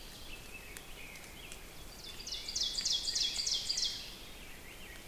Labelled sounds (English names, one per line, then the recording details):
Ovenbird song
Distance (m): 60 m
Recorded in boreal forest in Alberta, Canada, on 6 June 2016 at 06:34
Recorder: SongMeter 3, array SBT-3-51
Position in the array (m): 227 m, 20 m
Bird 27